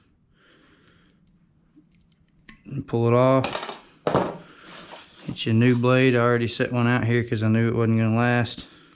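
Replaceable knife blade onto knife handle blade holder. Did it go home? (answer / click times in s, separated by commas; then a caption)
no / none. A replaceable blade is being swapped on a skinning knife: the old blade is pulled off the metal blade holder with pliers, and a new blade, set out ahead of time because the old one wasn't going to last, is picked up to go onto the holder. Faint light clicks and handling ticks come through early, with sharper taps near 2.5 s and 4.1 s while someone talks. The new blade has not been pushed in and has not clicked into place yet.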